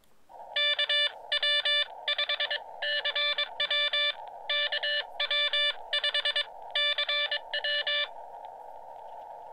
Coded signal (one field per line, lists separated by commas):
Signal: Morse code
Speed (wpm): 22 wpm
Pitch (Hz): 1750 Hz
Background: none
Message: KW5CW KW5CW